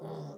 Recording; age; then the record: pig call; piglet (1 to 25 days)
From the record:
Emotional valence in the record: negative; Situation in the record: short isolation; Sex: female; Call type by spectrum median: low-frequency call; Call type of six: low-frequency stable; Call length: 0.38 s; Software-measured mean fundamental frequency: 51 Hz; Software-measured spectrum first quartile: 173 Hz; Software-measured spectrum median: 363 Hz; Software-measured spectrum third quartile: 605 Hz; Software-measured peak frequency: 403 Hz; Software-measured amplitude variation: 72 dB a second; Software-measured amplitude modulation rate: 22.4 a second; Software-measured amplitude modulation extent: 3.2 dB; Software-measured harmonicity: 1.4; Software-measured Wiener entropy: 0.01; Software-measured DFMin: 1531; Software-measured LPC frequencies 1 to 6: 455, 3486, 5313, 8492, 10104, 12408 Hz